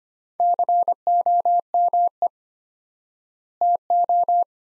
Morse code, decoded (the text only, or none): COME TO